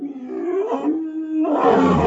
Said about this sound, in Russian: Рев повторился. В нем слышалось нетерпение изголодавшегося хищника, завидевшего, наконец, добычу.